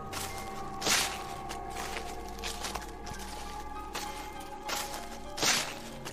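Slow, uneven footsteps of someone walking around outside, behind the wall of a bathroom, land a few times, soft and slightly muffled, over a steady low hum with faint background noise.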